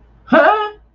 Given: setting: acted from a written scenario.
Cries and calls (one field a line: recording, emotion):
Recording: vocal sound without words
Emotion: confusion